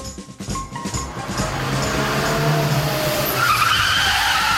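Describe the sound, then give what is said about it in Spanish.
A motor vehicle skids on the road, with a loud, sustained screech of tires lasting several seconds over a rumbling engine, with no clear impact; no one speaks. It is given as the sound of a motor vehicle running over a cyclist in a bike lane. “Esto, quien no lo haya identificado, es el sonido de un vehículo de motor atropellando a un ciclista en un carril bici.”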